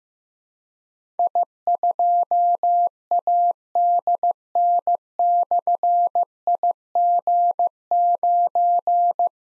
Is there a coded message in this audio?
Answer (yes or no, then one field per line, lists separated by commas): yes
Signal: Morse code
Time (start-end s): 1.2-9.3 s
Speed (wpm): 15 wpm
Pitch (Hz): 700 Hz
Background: none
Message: I2ADN/IG9